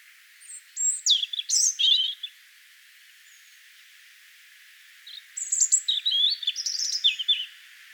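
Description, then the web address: European robin song: two separate phrases of high, thin, tumbling notes and trills, each lasting about one and a half to two and a half seconds, split by a quiet gap. "vogelstimmen rotkehlchen gesang nabu lars lachmann"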